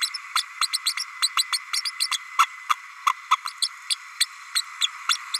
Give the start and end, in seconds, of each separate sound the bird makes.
0.01-0.09, 0.14-0.17, 0.35-0.43, 0.61-0.68, 0.73-0.78, 0.85-0.94, 0.97-1.04, 1.22-1.29, 1.37-1.44, 1.52-1.58, 1.73-1.82, 1.85-1.91, 2.00-2.08, 2.11-2.17, 2.38-2.47, 2.69-2.75, 3.06-3.10, 3.30-3.37, 3.47-3.52, 3.61-3.68, 3.90-3.95, 4.20-4.26, 4.54-4.61, 4.80-4.87, 5.08-5.16, 5.33-5.38